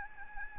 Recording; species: mosquito wingbeat signal from an infrared sensor; Aedes albopictus